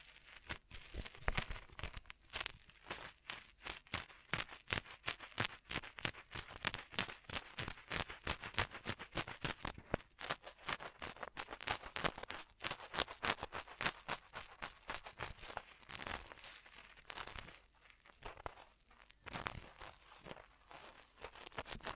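Ear massage triggers fill the recording with dense, continuous crinkling and rustling, like hands rubbing and crumpling material. Sharp crackles come in rapid, irregular bursts throughout, bright and scratchy, with brief quieter gaps around ten and seventeen seconds.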